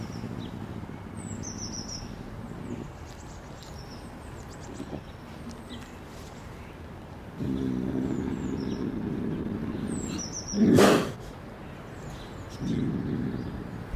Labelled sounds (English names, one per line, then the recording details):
Eurasian Lynx
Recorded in captivity
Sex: male
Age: adult
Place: Tierpark Görlitz, Sachsen, DE
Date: 1988-02-24
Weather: overcast, ca. 0°C
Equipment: Nagra SN
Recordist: Tembrock, Günter
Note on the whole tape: Männchen: gegen Beobachter gerichtetes Knurrfauchen mit Vorstoßen